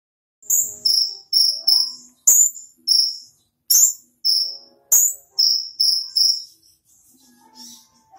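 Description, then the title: Small bird song: bright, sharp high chirps repeated about twice a second in a steady run, then a softer, scratchy note near the end. "Burung Kecil"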